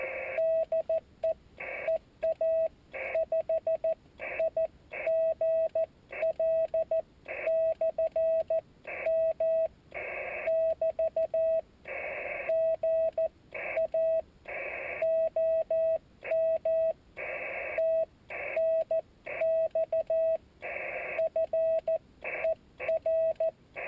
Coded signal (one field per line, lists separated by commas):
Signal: Morse code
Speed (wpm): 14 wpm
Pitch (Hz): 650 Hz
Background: radio noise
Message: DE EA5IGL/M <BT> GA OM TNX FER